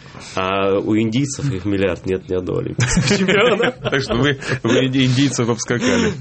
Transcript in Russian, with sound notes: А у индийцев, их миллиард, нет ни одного олимпийского чемпиона.
(смех) Вы индийцев обскакали.